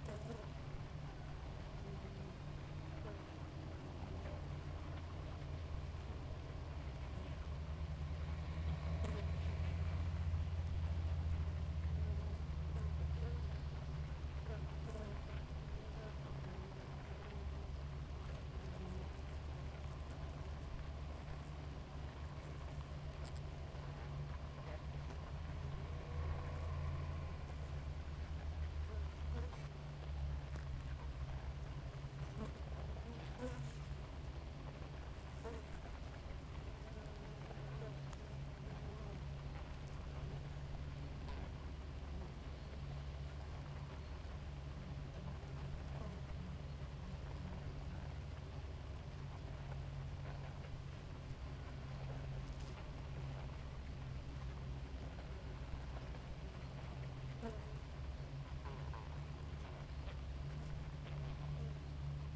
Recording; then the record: honeybee colony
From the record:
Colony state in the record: active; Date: 28 July 2017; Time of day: 4:35